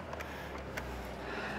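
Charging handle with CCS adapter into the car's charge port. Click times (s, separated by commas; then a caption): 0.8 s. A charging handle with an attached CCS adapter is pushed into a car's CCS charge port over a steady low hum, with a small tick at 0.1 s. A sharp click at 0.8 s marks the connector seating in the port.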